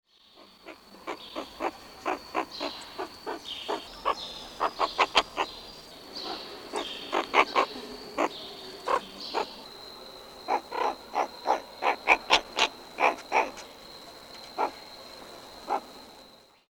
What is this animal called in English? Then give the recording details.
Meerkat. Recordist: Tembrock, Günter. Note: Kurzlaute eines Weibchens